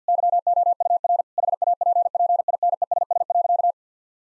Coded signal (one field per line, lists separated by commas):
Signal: Morse code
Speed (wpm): 50 wpm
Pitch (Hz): 700 Hz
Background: none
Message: YOUR HAPPINESS.